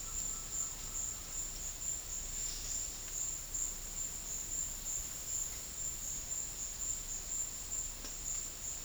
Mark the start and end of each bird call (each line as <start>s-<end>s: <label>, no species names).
0.00s-1.20s: bird call